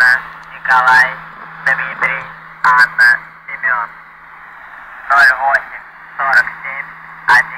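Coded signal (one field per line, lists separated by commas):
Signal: numbers station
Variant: UVB-76 voice message, Russian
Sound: russian male voice reading phonetic names then numbers over radio hiss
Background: radio static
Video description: Voice message on 4625 kHz. Recieved 24 feb 2011 at 10:07 UTC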